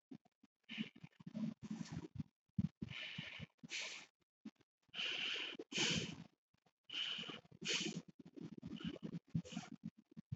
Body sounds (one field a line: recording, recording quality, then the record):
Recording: shallow breathing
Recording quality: excellent, no background noise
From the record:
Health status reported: healthy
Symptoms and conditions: none ticked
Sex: female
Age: 53 years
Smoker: not ticked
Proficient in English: yes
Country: India